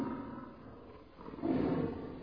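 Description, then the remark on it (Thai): A lion roars in a lions' den: a low, rumbling growl that swells into a louder, fuller roar about halfway through and holds to the end, with no voices. “เมื่อถึงเวลาเช้าพระราชาก็เสด็จไปที่ถ้ำสิงโตและทรงเปิดประตูถ้ำออก”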